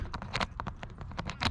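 A safety propeller for an XK A210 T-28 Trojan RC airplane, knocked off by a landing, is pressed back onto the motor shaft adapter. A short series of sharp clicks and taps is heard, and the prop snaps into place at 0.6 s once it is in the right spot, seating it on the motor hub.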